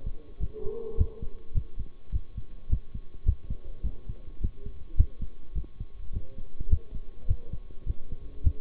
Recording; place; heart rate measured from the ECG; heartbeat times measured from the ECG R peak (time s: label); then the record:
heart sounds by stethoscope; between the tricuspid and mitral areas; 105 bpm
0.39 s: heartbeat
0.97 s: heartbeat
1.54 s: heartbeat
2.11 s: heartbeat
2.69 s: heartbeat
3.25 s: heartbeat
3.83 s: heartbeat
4.40 s: heartbeat
4.97 s: heartbeat
5.54 s: heartbeat
6.12 s: heartbeat
6.69 s: heartbeat
7.28 s: heartbeat
7.86 s: heartbeat
8.43 s: heartbeat
From the record:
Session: bicycle stress test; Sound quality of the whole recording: good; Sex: male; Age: 23 years